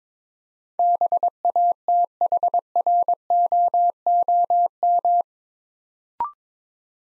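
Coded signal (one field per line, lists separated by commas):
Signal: Morse code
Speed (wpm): 22 wpm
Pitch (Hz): 700 Hz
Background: none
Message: BATHROOM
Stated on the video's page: Morse practice drill, 22 wpm, building 8-letter words three letters at a time.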